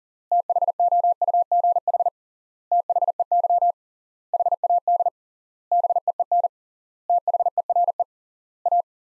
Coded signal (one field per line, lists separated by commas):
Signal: Morse code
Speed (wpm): 40 wpm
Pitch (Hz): 700 Hz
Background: none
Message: THOUGH THEY HAD BEEN THERE A